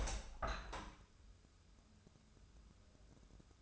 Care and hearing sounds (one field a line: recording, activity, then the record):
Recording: daily activity, microphone in the room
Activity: open window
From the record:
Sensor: 2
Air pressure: 1014.8 hPa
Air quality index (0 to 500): 28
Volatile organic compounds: 1 ppm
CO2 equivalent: 522 ppm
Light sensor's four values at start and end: 8/19/8/8 and 8/19/8/8